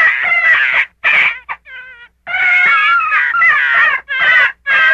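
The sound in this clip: Gray fox calling with loud, quavering, nasal cries, a short clear whistled note mid-sequence, then a long run of strained wailing.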